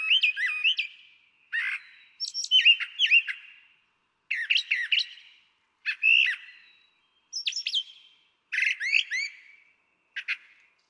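Brown Thrasher song: a steady run of varied phrases, each note burst often doubled, mixing whistled slurs with rougher chirps over a quiet background.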